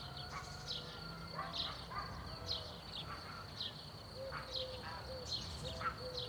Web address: Rural zone countryside bird morning chorus